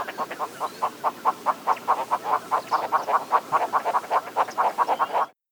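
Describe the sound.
Von der Decken's hornbill calling, a long run of rapid, hollow clucking notes, mid-pitched and slightly uneven.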